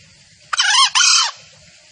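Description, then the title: Junglefowl call: a harsh, raspy two-part call lasting under a second, the second part more drawn out, with soft background noise. Female junglefowl calls, also described as male junglefowl sounds, used as a lure recording for trapping junglefowl in the forest. "Pancingan Suara Ayam Hutan Betina. Suara ayam hutan jantan buat masteran pikat di hutan"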